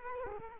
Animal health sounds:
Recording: mosquito wingbeat signal from an infrared sensor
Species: Culex quinquefasciatus

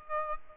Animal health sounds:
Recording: mosquito wingbeat signal from an infrared sensor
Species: Aedes aegypti

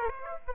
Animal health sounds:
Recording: mosquito wingbeat signal from an infrared sensor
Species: Aedes aegypti

